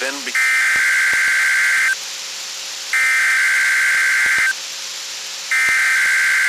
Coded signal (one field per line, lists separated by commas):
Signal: Emergency Alert System (SAME) tones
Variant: header bursts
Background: speech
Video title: RWTs - Week of 12/25/22 (EAS 1356-1362)